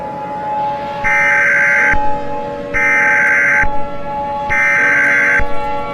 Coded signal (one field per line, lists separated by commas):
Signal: Emergency Alert System (SAME) tones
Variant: header bursts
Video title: EAS Scenario #20 | Train Derail